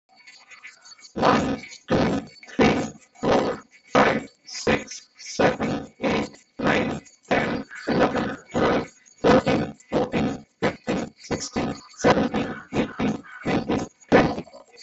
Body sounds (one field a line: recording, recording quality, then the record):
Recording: counting at a normal pace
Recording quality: moderate, slight background noise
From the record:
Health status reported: healthy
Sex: male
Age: 27 years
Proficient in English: yes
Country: India